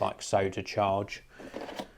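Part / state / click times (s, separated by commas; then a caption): camera battery into battery charger / seated / 1.8 s. A small lithium-ion Nikon EN-EL24 camera battery (850 mAh, 6.2 Wh) for the Nikon 1 J5 is pushed into its plastic charging cradle while someone talks. A single short click is heard at 1.8 s as the battery seats in the charger.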